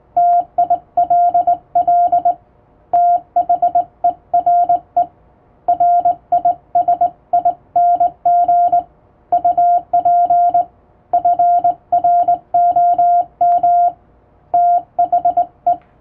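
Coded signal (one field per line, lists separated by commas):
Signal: Morse code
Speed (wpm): 21 wpm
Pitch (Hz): 700 Hz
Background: radio noise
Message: TILL THERE RISING UP FROM THE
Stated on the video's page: Morse code practice for Japanese radio operator exams, sent on the amateur radio bands by a first-class radiotelegraph operator.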